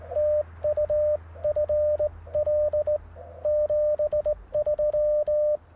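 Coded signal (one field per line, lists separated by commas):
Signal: Morse code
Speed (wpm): 18 wpm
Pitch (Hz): 590 Hz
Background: radio noise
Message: TU FL 73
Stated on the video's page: QRP CW Parks on the Air activation, keyed with a cootie key (sideswiper) and later a single paddle on 30M; Icom IC-705 with magnetic loop antenna.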